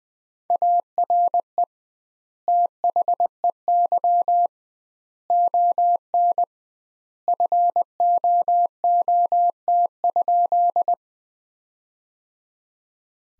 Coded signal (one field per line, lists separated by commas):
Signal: Morse code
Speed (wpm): 20 wpm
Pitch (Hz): 700 Hz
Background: none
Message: ARE THEY ON FOOT?